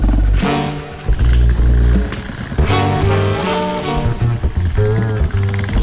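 A motorcycle engine drones loudly and steadily while riding past a nature reserve and tea plantations, its pitch climbing and dropping in steps as the rider shifts gears, with no voices.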